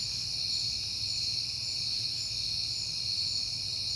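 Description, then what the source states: Cricket: a steady chorus of high trilling, with a gentle low rumble in the background. Recorded on a peaceful night in September.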